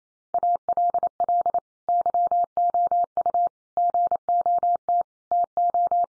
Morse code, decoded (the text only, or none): ALL YOU GOT TO